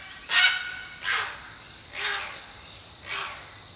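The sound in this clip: Great Blue Heron giving four harsh, raspy croaks.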